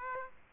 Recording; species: mosquito wingbeat signal from an infrared sensor; Aedes aegypti